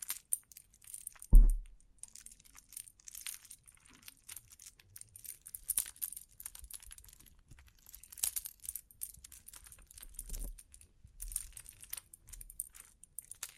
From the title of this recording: Bling Bling Triggers